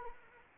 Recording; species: mosquito wingbeat signal from an infrared sensor; Anopheles arabiensis